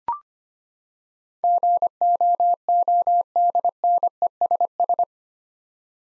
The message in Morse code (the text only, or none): GOODNESS